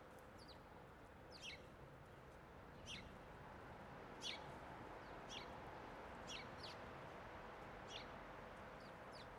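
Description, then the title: Bird chirps: several short, sharp notes scattered throughout over a steady low hum of traffic. Birdsong in Berlin, Germany, 2022, with light city traffic in the background. "2022-Berlin-Germany-church-bells-fading-into-birdsong-and-light-city-traffic-ambi"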